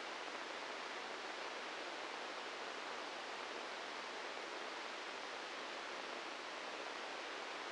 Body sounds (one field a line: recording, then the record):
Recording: brain microelectrode recording played as sound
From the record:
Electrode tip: inside the subthalamic nucleus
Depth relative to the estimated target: 2 mm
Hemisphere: right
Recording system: NeuroSet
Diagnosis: Parkinson's disease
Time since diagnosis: 15 years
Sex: female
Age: 59 years